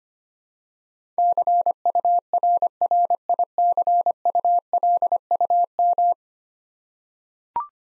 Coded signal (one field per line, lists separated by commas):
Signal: Morse code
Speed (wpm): 25 wpm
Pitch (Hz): 700 Hz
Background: none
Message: CURRICULUM